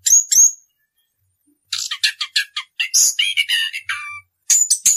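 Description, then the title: Orange-headed thrush song opening with two sharp notes, a pause, then a rapid run of harsh buzzy notes and whistles ending in high chirps. Rolling song style (ngerol), used as a master recording (masteran) for training caged birds. "Anis Kembang 9. suara anis kembang ngerol"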